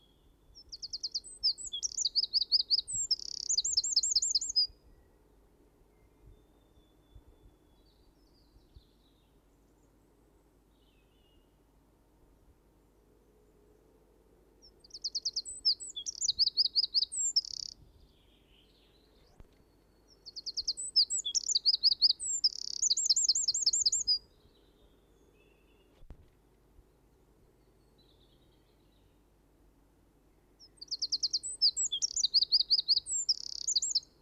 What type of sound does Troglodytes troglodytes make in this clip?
song